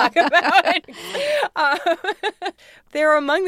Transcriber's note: laughter